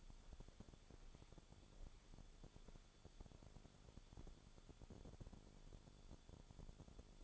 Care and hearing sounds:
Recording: daily activity, microphone in the room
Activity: walk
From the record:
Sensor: 5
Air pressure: 1015.4 hPa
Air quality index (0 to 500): 172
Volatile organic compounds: 6 ppm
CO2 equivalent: 1869 ppm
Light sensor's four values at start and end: 35/80/32/31 and 32/73/29/27

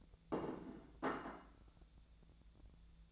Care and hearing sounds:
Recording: daily activity, microphone in the room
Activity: place plate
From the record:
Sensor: 3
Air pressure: 1000.2 hPa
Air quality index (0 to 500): 141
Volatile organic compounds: 2 ppm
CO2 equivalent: 1253 ppm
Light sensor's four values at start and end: 27/68/29/32 and 27/66/28/31

